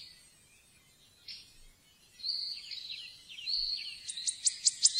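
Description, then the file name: Wood warbler song: a few soft, plaintive piping notes, then from four seconds a sharp ticking series at the end. "boeksanger"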